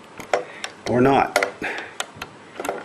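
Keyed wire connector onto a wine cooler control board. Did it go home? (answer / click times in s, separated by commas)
no / none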